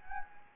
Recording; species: mosquito wingbeat signal from an infrared sensor; Anopheles gambiae